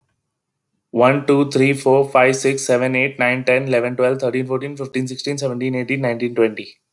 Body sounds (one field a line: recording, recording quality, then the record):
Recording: counting at a fast pace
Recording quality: excellent, no background noise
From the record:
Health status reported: exposed to COVID-19, no respiratory illness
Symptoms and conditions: none ticked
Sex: male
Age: 26 years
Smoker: not ticked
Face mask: not worn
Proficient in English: yes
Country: India